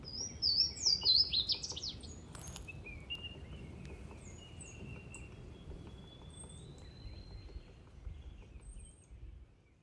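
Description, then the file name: Louisiana waterthrush song: a few loud, clear slurred whistles over the first two seconds, then a trailing jumble of fainter high notes, with steady low background rumble. Recorded 23 March 2024, 09:44. "Louisiana Waterthrush 20240323-094412"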